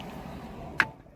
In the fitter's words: boom locked into place